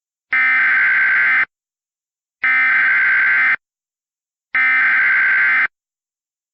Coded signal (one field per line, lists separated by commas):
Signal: Emergency Alert System (SAME) tones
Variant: header bursts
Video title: *VALID TONES* Tropical Storm Imelda (EAS Compilation)